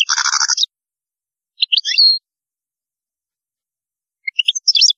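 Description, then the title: European goldfinch song fragments: a buzzy chattering burst at the start, then two short twittering phrases separated by silence. "Chant Chardonneret"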